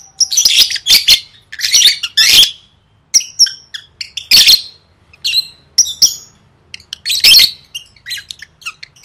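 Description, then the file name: Lovebird calls in clustered bursts of piercing squawks and chirps, separated by brief silences. "tieng vet mau don"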